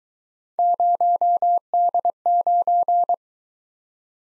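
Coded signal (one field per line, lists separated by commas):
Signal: Morse code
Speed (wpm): 20 wpm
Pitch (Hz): 700 Hz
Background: none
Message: 0D9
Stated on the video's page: Morse drill of three-character letter-number combinations, speed-racing format starting fast and slowing to 15 wpm base; final repeat at maximum speed.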